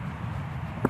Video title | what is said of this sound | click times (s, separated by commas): Cimarron Norstar 2 Horse Gooseneck The Most Maneuverable trailer | these drops will pop into place so you can travel with this part down. | 0.9 s